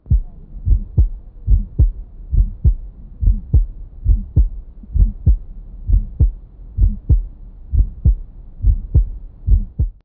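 Heart sounds of an adult, heard through a stethoscope: a regular rhythm of paired beats at about 67 per minute.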